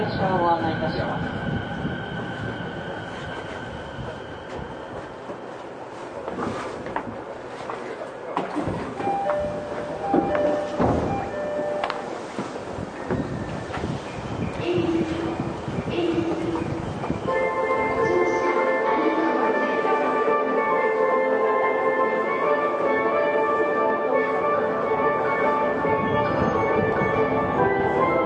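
Inside a commuter train running between Shinjuku and Shin-Kiba, a steady wheel-and-track rumble fills the whole recording. Sharp clicks and thuds from the rails cluster in the first half. From about 17 seconds, a layered motor whine grows louder and holds to the end.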